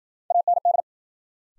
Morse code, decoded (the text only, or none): AND